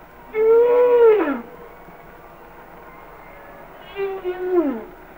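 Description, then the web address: Humpback whale song: two harmonic moans, each holding steady and then sliding sharply downward, separated by a pause of nearly three seconds. "Whale Songs Sounds of Nature - Humpback Whales"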